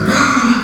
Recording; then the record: squeal of a Yucatan mini pig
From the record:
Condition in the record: after surgery on the right vocal fold (resection and tissue-engineered implant); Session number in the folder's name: 14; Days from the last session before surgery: 133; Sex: female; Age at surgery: 19 weeks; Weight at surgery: 25 kg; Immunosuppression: prednisolone